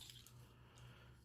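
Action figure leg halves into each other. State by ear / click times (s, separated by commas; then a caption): not seated / none. Someone presses the two plastic leg halves of a Transformers Siege Springer action figure together, producing quiet handling rustle and a faint brief tap around 0.3 s over a low background hum. The legs have not snapped together yet.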